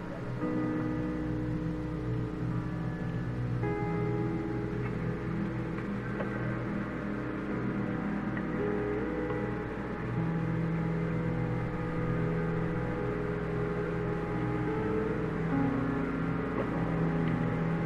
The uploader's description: the sound of things hitting the shack on the water, the cries of creatures too dark to see, the sound of the quiet waves, and the sound of a car signaling a left turn toward home